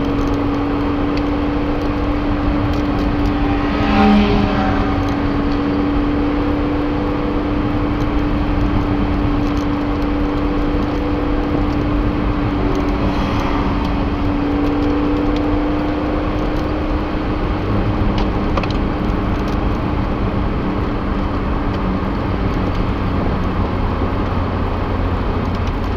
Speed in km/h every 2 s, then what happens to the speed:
93, 92, 92, 94, 93, 94, 92, 95, 97, 94, 92, 85, 81.
0-16 steady at about 93. 16-26 slows to 81.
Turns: none.